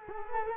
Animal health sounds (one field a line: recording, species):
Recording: mosquito wingbeat signal from an infrared sensor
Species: Culex quinquefasciatus